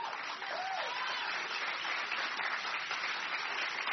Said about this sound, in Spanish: Dale aplauso al Señor.